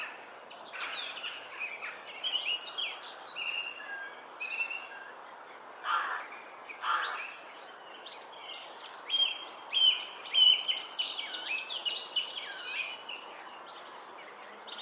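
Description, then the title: Robin singing: varied warbled and whistled phrases, high and bright, in short bursts separated by brief pauses, with a soft background hiss. "Robin Birds Chirping"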